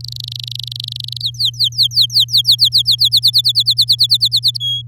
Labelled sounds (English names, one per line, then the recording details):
Domestic Canary song
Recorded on 10 May 2018 at 06:19
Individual llb16